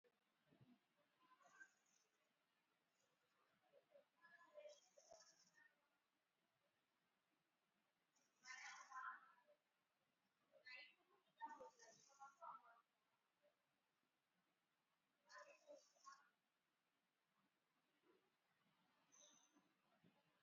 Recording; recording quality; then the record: shallow breathing; excellent, no background noise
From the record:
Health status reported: exposed to COVID-19, no respiratory illness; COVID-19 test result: negative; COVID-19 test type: RT-PCR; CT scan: not taken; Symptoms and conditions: cold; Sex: female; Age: 34 years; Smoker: no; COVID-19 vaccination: one dose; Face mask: worn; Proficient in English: yes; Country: India